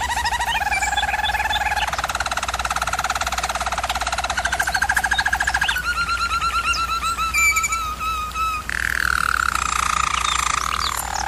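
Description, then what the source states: German Roller canary song: continuous fast pulsing rolls shifting pitch every few seconds, a deeper bubbling passage at the end, over a faint steady hum. Singing used for canary training.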